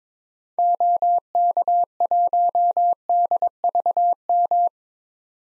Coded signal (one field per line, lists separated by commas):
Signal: Morse code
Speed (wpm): 22 wpm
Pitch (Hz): 700 Hz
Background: none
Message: OK1DVM